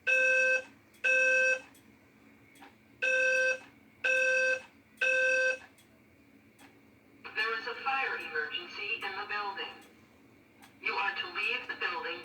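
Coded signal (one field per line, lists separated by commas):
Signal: alarm pattern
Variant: Temporal 3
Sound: buzzy half-second alarm beeps, 2 then 3, followed by a female voice message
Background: small room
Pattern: temporal three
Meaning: Evacuate the building, fire alarm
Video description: Female voice evac with Temporal 3 that I actually custom made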